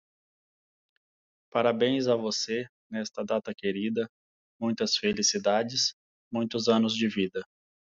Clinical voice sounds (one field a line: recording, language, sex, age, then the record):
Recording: short text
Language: Brazilian Portuguese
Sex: male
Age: 40 to 49 years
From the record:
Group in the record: control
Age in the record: 44 years